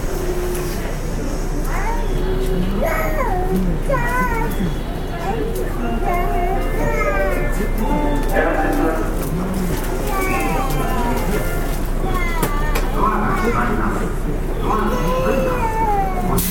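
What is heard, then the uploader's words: Inside a local train, a steady low rumble runs underneath constant overlapping chatter from passengers. Several voices talk at once throughout, some high and lively, rising and falling in pitch, with occasional sharp clicks and knocks from the carriage. JR西日本 201系 大阪環状線外回り 大阪から天王寺まで. It is running noise of 201 series trains of JR West Japan. I recorded on a local train at Osaka loop line. The section is from Osaka to Tennoji.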